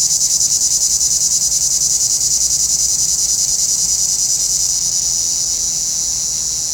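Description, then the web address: Cicadas singing: a dense, shrill, high buzz with a rapid pulsing rhythm, steady throughout with no other clear sounds. "Nature Sounds – Nature Chill Out 2014. Sounds from a Rnewood Cicadas"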